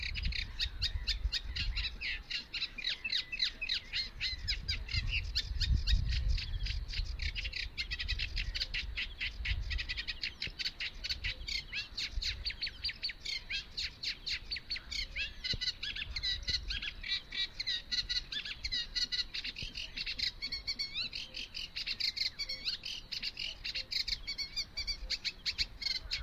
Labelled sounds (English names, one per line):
Eurasian Reed Warbler song